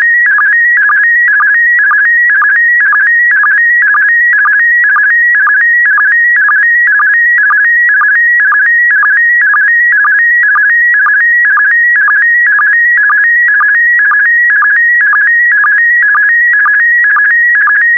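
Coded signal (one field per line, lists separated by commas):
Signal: SSTV (slow-scan television)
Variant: PD120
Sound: steady repeating warble stepping between high tones, with short low blips twice a second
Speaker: complete. You can now check your decoded image against the picture that is shown on the video.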